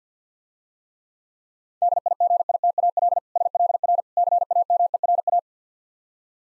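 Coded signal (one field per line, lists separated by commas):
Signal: Morse code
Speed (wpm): 50 wpm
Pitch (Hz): 700 Hz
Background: none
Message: DIGITAL SLR CAMERA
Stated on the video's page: Morse speed practice at 50 wpm of difficult words with contextual hints.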